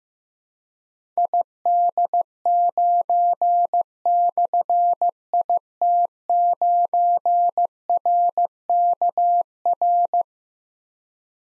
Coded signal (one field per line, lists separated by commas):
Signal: Morse code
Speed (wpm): 15 wpm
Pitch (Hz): 700 Hz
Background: none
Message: ID9/IT9RKR